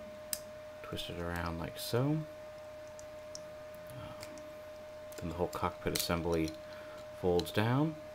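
Someone talks while handling the plastic cockpit assembly of a TFCC Club Exclusive TopSpin transforming toy figure, twisting a piece and folding the cockpit assembly down toward the body. A few brief, light handling ticks occur around 0.3, 3.0, 3.4 and 4.2 seconds. The assembly has not yet snapped into its locked position; nothing has seated or clicked yet.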